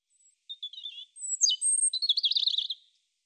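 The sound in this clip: European robin song: a thin high whistle, then wavering notes sliding down, followed by a rapid trilling, liquid warble around the upper range, ending abruptly; no other sounds.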